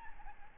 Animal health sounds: mosquito wingbeat signal from an infrared sensor; Aedes albopictus

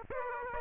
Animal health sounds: mosquito wingbeat signal from an infrared sensor; Aedes aegypti

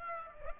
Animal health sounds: mosquito wingbeat signal from an infrared sensor; Aedes aegypti

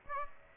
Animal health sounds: mosquito wingbeat signal from an infrared sensor; Aedes aegypti

